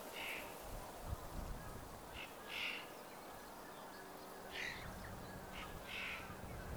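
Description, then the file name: Eurasian jay giving harsh, rasping screeches, four short bursts roughly two seconds apart over a hissy background. "Garrulus glandarius"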